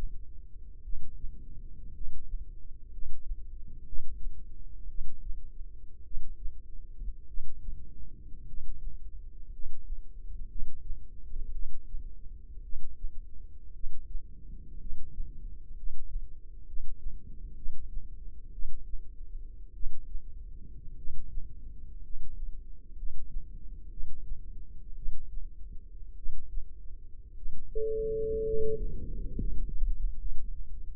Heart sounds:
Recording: heart sounds by microphone in the left ear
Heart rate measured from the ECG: 57 bpm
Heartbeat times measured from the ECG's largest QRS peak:
0.81 s: heartbeat
1.91 s: heartbeat
2.89 s: heartbeat
3.83 s: heartbeat
4.86 s: heartbeat
6.02 s: heartbeat
7.25 s: heartbeat
8.44 s: heartbeat
9.49 s: heartbeat
10.46 s: heartbeat
11.50 s: heartbeat
12.61 s: heartbeat
13.71 s: heartbeat
14.77 s: heartbeat
15.73 s: heartbeat
16.64 s: heartbeat
17.53 s: heartbeat
18.50 s: heartbeat
19.72 s: heartbeat
20.94 s: heartbeat
22.00 s: heartbeat
22.94 s: heartbeat
23.88 s: heartbeat
24.94 s: heartbeat
26.14 s: heartbeat
27.33 s: heartbeat
28.43 s: heartbeat
29.34 s: heartbeat
30.17 s: heartbeat
From the record:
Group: healthy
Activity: rest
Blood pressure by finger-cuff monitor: 142/61 mmHg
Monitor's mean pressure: 87 mmHg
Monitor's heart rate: 55 bpm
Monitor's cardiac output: 6.5 L/min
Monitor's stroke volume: 116 mL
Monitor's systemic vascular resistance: 970 dyn s/cm5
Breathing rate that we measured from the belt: 9 breaths a minute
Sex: male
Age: 25 years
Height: 170 cm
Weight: 70.4 kg

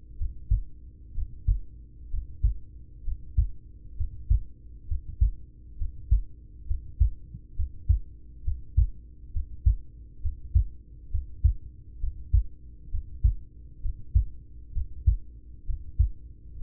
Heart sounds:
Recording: heart sounds by stethoscope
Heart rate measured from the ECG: 66 bpm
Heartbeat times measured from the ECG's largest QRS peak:
0.14 s: heartbeat
1.11 s: heartbeat
2.07 s: heartbeat
3.01 s: heartbeat
3.93 s: heartbeat
4.84 s: heartbeat
5.74 s: heartbeat
6.64 s: heartbeat
7.52 s: heartbeat
8.41 s: heartbeat
9.29 s: heartbeat
10.18 s: heartbeat
11.07 s: heartbeat
11.97 s: heartbeat
12.87 s: heartbeat
13.78 s: heartbeat
14.70 s: heartbeat
15.62 s: heartbeat
16.55 s: heartbeat
From the record:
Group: heart failure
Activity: breath hold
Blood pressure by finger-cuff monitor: 73/48 mmHg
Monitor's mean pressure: 55 mmHg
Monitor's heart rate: 65 bpm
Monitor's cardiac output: 4.7 L/min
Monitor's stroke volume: 73 mL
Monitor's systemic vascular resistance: 800 dyn s/cm5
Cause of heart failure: ischemic heart disease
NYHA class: 1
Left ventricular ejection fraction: 33%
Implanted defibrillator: present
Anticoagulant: apixaban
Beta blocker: carvedilol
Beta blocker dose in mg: 18.75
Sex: male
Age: 39 years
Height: 168 cm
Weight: 72 kg

